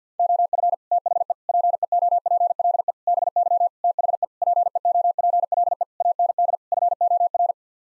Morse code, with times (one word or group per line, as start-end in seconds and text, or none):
0.2-0.7 OF
0.9-1.3 THE
1.5-2.9 PEOPLE
3.1-3.7 BY
3.8-4.2 THE
4.4-5.8 PEOPLE
6.0-6.6 AND
6.7-7.5 FOR